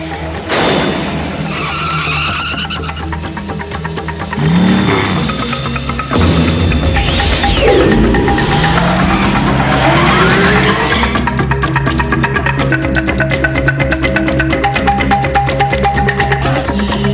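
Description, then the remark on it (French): A futuristic motorcycle from the 1980s anime Akira revs with rising and falling electronic whines, then tires screech into a long skid, followed by a loud, steady mechanical roar that runs to the end without any talking. “Donc cet extrait sonore pour vous parler du premier véhicule du futur au sein d'un animé très célèbre des années 80, à savoir Akira.”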